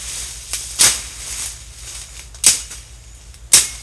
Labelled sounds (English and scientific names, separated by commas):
none